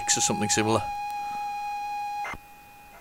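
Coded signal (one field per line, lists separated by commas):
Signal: ZX Spectrum tape loading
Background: speech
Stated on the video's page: A mystery C15 cassette tape being loaded on a ZX Spectrum.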